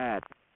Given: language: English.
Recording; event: throat vibration sensor signal played as sound; speech